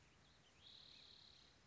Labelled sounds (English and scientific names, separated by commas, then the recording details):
Spotted Towhee (Pipilo maculatus)
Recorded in Sonoma County, California